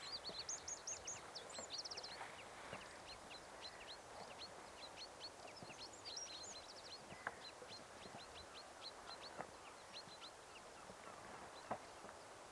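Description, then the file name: Eurasian wren song opens with high trills, followed by many quieter high chips and bird notes throughout, with steady background noise. "Troglodytes troglodytes"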